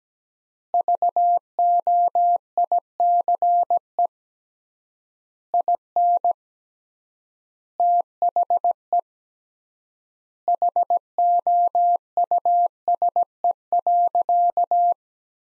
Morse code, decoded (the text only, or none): VOICE IN THE HOUSE.